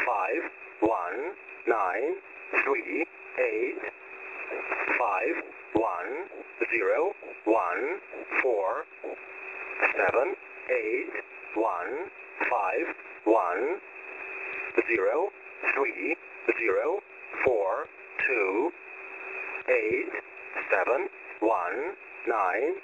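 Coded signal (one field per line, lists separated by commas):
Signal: numbers station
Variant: E07, English Man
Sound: synthetic male voice reading English digits in steady rhythm over narrow radio audio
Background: radio static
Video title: 14819kHz USB Russian Number Station E07 calling 288 again (17.08.2024)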